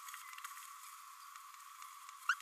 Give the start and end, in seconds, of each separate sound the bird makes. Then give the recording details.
2.29-2.34. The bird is a female. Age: 27 days. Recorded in a nest box in Venezuela. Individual 17B32A5